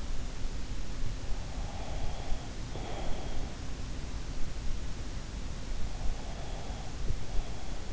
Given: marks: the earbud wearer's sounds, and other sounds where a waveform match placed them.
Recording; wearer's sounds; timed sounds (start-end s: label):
sounds in sleep by an in-ear microphone; breath
1.77-3.22 s: breath